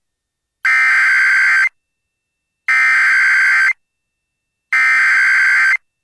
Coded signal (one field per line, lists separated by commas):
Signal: Emergency Alert System (SAME) tones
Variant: header bursts